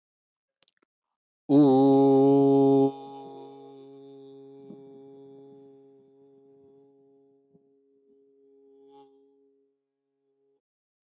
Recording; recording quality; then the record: sustained vowel as in boot; excellent, no background noise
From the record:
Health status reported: healthy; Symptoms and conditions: none ticked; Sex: male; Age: 25 years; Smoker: not ticked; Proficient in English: yes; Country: India